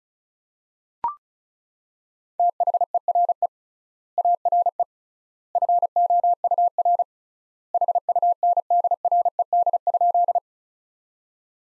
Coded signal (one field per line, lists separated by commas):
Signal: Morse code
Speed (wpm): 36 wpm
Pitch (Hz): 700 Hz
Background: none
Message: THERE ARE FOUR HUNDRED?